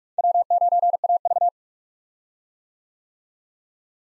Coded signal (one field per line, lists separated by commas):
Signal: Morse code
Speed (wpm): 41 wpm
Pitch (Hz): 700 Hz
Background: none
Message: W9AV